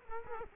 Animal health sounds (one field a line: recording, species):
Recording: mosquito wingbeat signal from an infrared sensor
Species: Culex quinquefasciatus